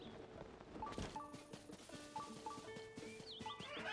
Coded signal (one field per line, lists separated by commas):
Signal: none